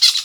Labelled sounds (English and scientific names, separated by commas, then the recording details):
Brown-throated Parakeet (Eupsittula pertinax) contact call
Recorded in Venezuela
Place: Guárico; Corozopando; Fundo La Fe
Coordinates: 8.506, -67.593